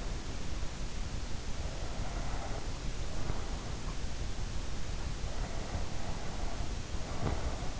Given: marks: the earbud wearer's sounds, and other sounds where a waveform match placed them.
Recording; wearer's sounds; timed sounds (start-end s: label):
sounds in sleep by an in-ear microphone; breath, snoring breath
1.58-3.57 s: breath
5.33-7.63 s: snoring breath